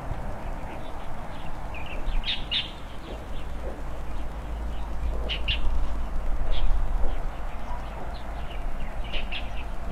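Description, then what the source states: Bird calls: short sharp chirps arriving in loose clusters, some doubled, with a steady low hum underneath. Early morning, birds playing on branches in front of a rural country house, heard from an opened window; calm, quiet scene.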